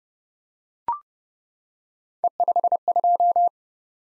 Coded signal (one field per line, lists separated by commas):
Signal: Morse code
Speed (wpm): 28 wpm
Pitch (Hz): 700 Hz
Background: none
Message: E52